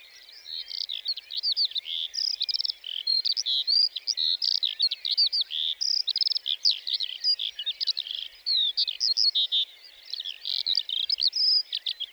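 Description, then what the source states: Lark in full song: a dense, rapid, high twittering flow of varied chirps and short trills. 29 March 2020, Plateau de Lesches-en-Diois; sings before full daybreak, perched on top of a bush rather than in flight, for nearly fifteen minutes before flying off; Nagra Seven, stereo, cardioid MKH40.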